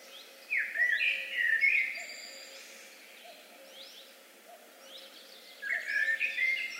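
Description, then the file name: Eurasian blackbird song phrases, two bursts of warbled and twittering notes near the start and end, with a steady low hum and quiet gaps between. "Turdus merula"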